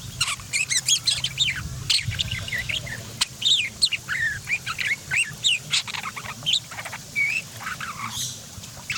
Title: SUARA BURUNG : Suara Masteran Parkit Gacor Ngerol Panjang